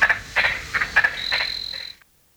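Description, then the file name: Giant tree frog uttering several clipped, harsh notes, joined by a high steady tone, before the sound cuts off to silence near two seconds. "Litoria infrafrenata"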